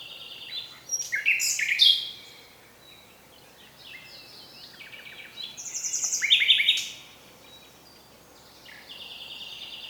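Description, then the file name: Common nightingale singing two lively phrases of chirps, clear whistles and fast repeated rattling notes, separated by about three seconds of silence, then starting a third at the end, over a faint steady background hiss. "Luscinia megarhynchos"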